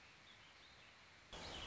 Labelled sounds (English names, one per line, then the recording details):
Warbling Vireo
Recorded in Sonoma County, California